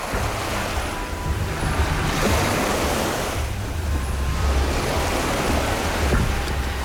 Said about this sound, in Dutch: Ik kom aan in Gizenyi, in het noordwesten van Rwanda. Op een klein strandje aan de rand van de stad kijk ik naar de golven van het Kivu-meer. Het is een van de mooiste plekken die je je voor kunt stellen.